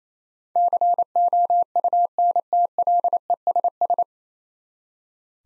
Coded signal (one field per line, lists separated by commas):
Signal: Morse code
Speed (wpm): 28 wpm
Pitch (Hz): 700 Hz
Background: none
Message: COUNTLESS